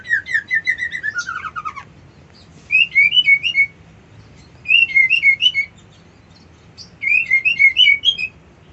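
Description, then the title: White-eye song opening with a falling trill, followed by three bursts of rapid high twittering spaced about two seconds apart. Song delivered in the style called ngerol ngalas. "Suara Burung Pleci Ngerol Ngalas"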